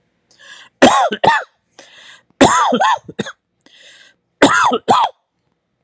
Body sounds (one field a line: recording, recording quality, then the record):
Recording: heavy voluntary cough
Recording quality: excellent, no background noise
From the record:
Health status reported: respiratory illness, not identified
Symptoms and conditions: asthma, hypertension, diabetes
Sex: male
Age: 59 years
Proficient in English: yes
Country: United States